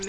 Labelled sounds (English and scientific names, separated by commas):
Virginia's Warbler (Leiothlypis virginiae) flight call